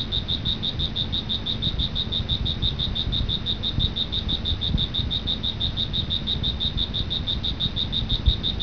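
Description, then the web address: Cricket chirping, a piercing, metronomic series of short pulses several per second, with a low rumble in the background. "特酷声音素材库 动物 昆虫 蟋蟀"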